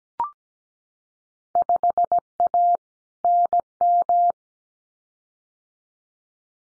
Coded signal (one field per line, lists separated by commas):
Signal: Morse code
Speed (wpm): 17 wpm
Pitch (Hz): 700 Hz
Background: none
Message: 5A NM